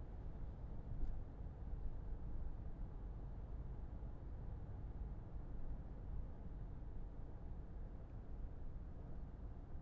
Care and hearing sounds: everyday scene through a hearing-aid microphone; in a vehicle; engine, traffic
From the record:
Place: Berlingo II, diesel engine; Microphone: behind the ear, left, rear

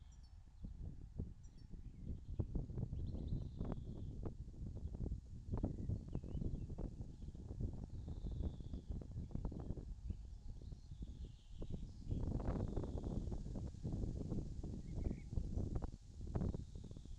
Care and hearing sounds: everyday scene through a hearing-aid microphone; wind on the microphone; wind, birds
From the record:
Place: in front of a rural house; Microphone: in the ear canal, left

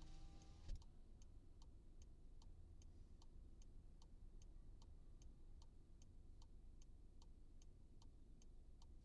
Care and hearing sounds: everyday scene through a hearing-aid microphone; in a vehicle; engine idling, traffic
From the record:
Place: Skoda Fabia, gasoline engine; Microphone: in the ear canal, right

